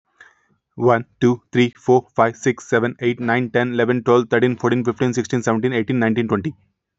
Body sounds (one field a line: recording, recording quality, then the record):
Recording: counting at a fast pace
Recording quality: excellent, no background noise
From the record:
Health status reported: healthy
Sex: male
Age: 31 years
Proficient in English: yes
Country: India